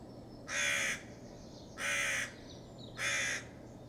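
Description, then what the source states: Crow alarm calling with three harsh caws, one about every 1.3 seconds, evenly spaced. Crows giving alarm calls in response to a fox.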